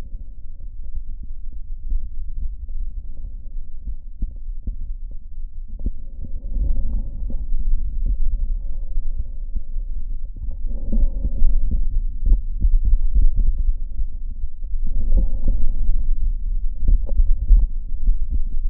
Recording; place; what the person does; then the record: lung sounds by stethoscope; left anterior apical chest; quiet breathing, then deep breathing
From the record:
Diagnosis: interstitial lung disease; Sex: male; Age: 75 years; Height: 167 cm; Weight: 68 kg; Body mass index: 24.4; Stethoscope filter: diaphragm mode